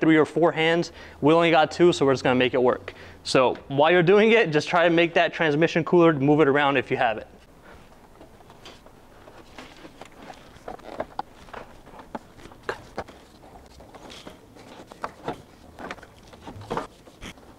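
On a BMW E9x cooling system, the fan shroud's plastic tab is worked toward the radiator while the automatic transmission cooler is moved around to line it up. Someone talks for the first seven seconds, then quiet handling follows with sharp knocks and rattles around 11.2, 12.7 and 15.0 seconds. Nothing has seated or clicked yet.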